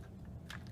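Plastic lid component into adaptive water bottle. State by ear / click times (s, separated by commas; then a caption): seated / 0.5 s. A small tool pushes two plastic parts of an adaptive water bottle's lid and straw assembly back together. A sharp snap at 0.5 s is followed by a few faint ticks over a steady low rumble, and the plastic lid component is seated in the bottle.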